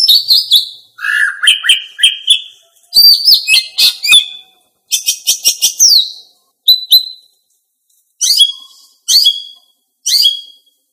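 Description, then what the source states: Greater green leafbird song: bursts of sharp whistled and chirping notes, some falling and some warbled, in phrases separated by short pauses. Female bird.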